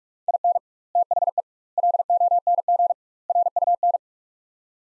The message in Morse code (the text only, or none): IN THE LONG RUN